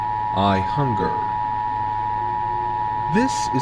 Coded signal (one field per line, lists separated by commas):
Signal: Emergency Alert System (SAME) tones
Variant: 853 and 960 Hz attention tone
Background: speech